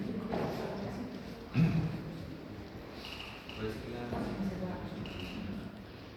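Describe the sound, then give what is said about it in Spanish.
A door shuts with one brief, dull thump at a conference while people keep talking over a low, steady murmur of voices. “La puerta, que... Eso sí.”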